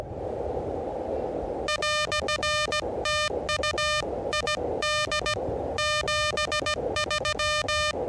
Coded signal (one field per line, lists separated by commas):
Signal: Morse code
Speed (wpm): 17 wpm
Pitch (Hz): 1210 Hz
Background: radio noise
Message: "TU ID 73